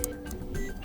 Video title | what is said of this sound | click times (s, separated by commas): How To Insert SD Card In EUFY Indoor Cam E220 | then slide it in and once you hear a click that means that the camera has been inserted successfully | 0.0 s